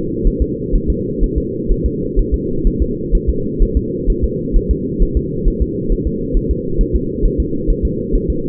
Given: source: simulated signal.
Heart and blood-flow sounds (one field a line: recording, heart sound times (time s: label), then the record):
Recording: fetal heart sounds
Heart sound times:
0.27 s: S1
0.42 s: S2
0.75 s: S1
0.90 s: S2
1.23 s: S1
1.38 s: S2
1.72 s: S1
1.86 s: S2
2.19 s: S1
2.34 s: S2
2.67 s: S1
2.82 s: S2
3.15 s: S1
3.29 s: S2
3.62 s: S1
3.77 s: S2
4.10 s: S1
4.24 s: S2
4.56 s: S1
4.71 s: S2
5.02 s: S1
5.17 s: S2
5.48 s: S1
5.62 s: S2
5.92 s: S1
6.07 s: S2
6.37 s: S1
6.51 s: S2
6.81 s: S1
6.95 s: S2
7.25 s: S1
7.40 s: S2
7.70 s: S1
7.85 s: S2
8.15 s: S1
8.30 s: S2
From the record:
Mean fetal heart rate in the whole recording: 130 bpm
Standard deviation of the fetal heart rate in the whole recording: 4 bpm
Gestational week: 38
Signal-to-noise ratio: -6.6 dB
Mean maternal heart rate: 72 bpm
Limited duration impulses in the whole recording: present